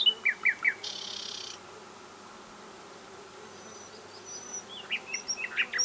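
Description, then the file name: Common nightingale song with a few sharp notes, a brief harsh buzz, a quiet stretch with faint high whistles, then a run of chips. "Luscinia megarhynchos"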